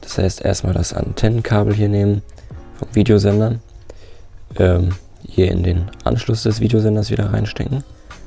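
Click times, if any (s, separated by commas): none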